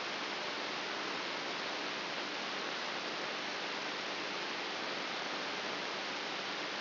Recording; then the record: brain microelectrode recording played as sound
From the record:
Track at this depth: inside the subthalamic nucleus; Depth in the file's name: 4.04 mm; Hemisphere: right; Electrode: 3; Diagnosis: Parkinson's disease